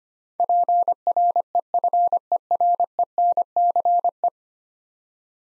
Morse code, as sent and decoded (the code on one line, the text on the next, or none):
.--. .-. . ..-. . .-. . -. -.-. .
PREFERENCE